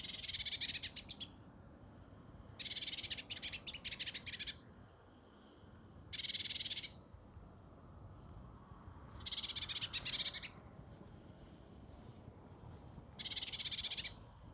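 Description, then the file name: Great tit churring calls, five harsh buzzy bursts of rapid clicking notes separated by pauses, over faint low background hum. "Parus major"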